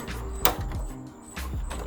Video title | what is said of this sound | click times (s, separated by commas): How to COMPLETELY DISASSEMBLE & CLEAN Midea U Shape AC! | You'll hear it click into place. | 0.4 s